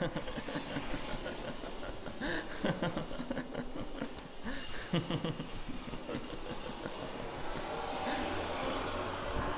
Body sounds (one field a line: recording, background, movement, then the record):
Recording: laughter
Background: traffic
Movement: walking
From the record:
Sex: male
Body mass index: 22.0 kg/m2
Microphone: on the chest, facing outward